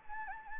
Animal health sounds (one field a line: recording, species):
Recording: mosquito wingbeat signal from an infrared sensor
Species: Anopheles gambiae